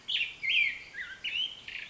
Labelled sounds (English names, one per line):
Black-headed Grosbeak